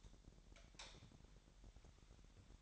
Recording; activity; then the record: daily activity, microphone in the room; light off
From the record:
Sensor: 3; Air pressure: 1011.9 hPa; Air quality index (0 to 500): 235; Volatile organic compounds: 5 ppm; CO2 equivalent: 1744 ppm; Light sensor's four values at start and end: 17/42/18/17 and 14/33/14/14